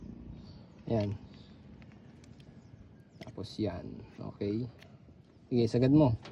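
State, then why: Not seated. A crimped pin is handled at its plastic MC4 solar connector housing while someone talks, with a few faint, brief ticks between the speech. The pin has not yet been pushed fully home, and nothing has seated or clicked yet.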